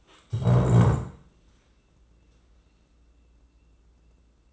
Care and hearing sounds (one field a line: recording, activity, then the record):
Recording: daily activity, microphone in the room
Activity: stand up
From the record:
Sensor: 3